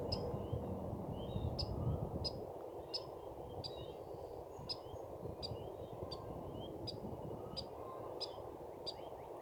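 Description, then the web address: Squirrel squeaks: short, sharp, high chirps repeated steadily over a low rumbling background noise. "jak mowia wiewiorki smieszne odglosy wiewiorek piski wiewiorek"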